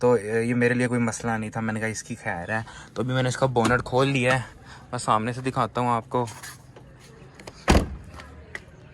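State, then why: Seated. Someone talks beside a Suzuki Mehran with its bonnet open, then walks toward the front and shuts the car's door. A sharp hit at 8.6 s is the door latch closing into the door frame striker, and the door latches shut. The key is still inside, and this car does not auto-lock.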